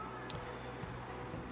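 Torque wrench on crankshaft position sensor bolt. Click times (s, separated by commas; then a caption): 0.3 s. A torque wrench tightens the crankshaft position sensor bolt on a Ford Fiesta Mk6, and a single sharp click at 0.3 s shows it has reached its set torque. A few fainter low thumps follow over a steady background hum.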